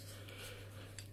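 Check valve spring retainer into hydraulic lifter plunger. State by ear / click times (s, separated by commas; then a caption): seated / 1.0 s. During reassembly of a hydraulic lifter (tappet), the small check valve spring and its metal retainer cap are pushed by hand into the plunger over a steady low hum. A single short, sharp click at 1.0 s marks the cap seating in place.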